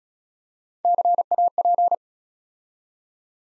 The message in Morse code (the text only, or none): CAP